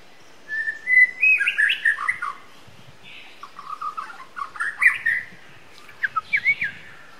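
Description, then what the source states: White-rumped shama song, bursts of varied whistled and chattering phrases with quick slurred notes, pausing between groups, over a constant hissing background. Wild white-rumped shama from the forest (murai batu hutan) singing.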